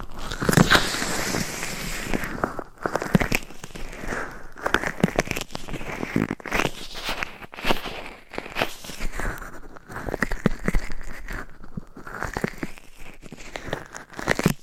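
Gloved fingers and nails scratch and tap on a microphone in a dense, crackly stream of rubbing and crinkling. Sharp taps punctuate the scratching every second or so, with brief pauses near 3, 10 and 12 seconds. The sound sweeps rhythmically up and down in brightness.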